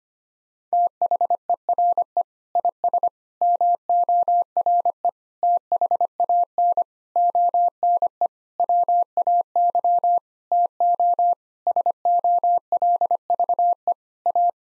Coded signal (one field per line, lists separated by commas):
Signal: Morse code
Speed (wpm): 25 wpm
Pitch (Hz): 700 Hz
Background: none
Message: THERE IS MORE THAN ONE WAY TO SOLVE A